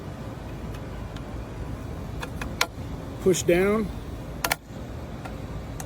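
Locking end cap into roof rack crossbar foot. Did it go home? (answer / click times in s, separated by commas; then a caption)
yes / 4.4 s, 4.5 s. Someone talks as a locking end cap, already unlocked with its key, is pushed down onto the crossbar foot of a roof rack on a Toyota Grand Highlander. There are a few faint taps, and then a sharp double snap at about 4.5 s as the cap seats in place.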